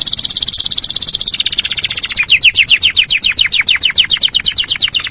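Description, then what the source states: Canary song: a dense high-pitched rattling trill, switching midway to fast repeated downward-sweeping chirps. Training song (masteran) for teaching other birds; a lively, persistent singer (gacor).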